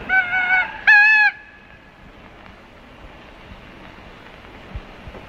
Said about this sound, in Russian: На столе стоит подаренный Тоне игрушечный петух. Тоня нажимает что-то на игрушке.